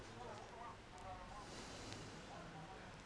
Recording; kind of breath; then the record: one breath in and out by a microphone near the nose and mouth; deep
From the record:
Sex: male